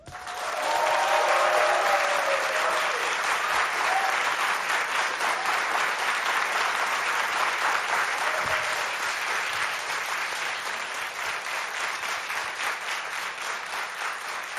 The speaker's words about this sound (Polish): Dzisiaj bardzo dużo muzyki, dlatego skróciliśmy te brawa, bo ja zawsze tak podpuszczam Państwa tutaj w studiu imienia Agnieszki Osieckiej, żeby artystów długo oklaskiwać.